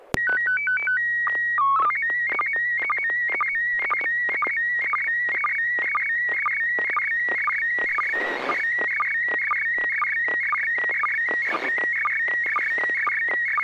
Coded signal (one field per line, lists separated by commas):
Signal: SSTV (slow-scan television)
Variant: PD 120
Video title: N6NA SSTV Net - 04/27/2022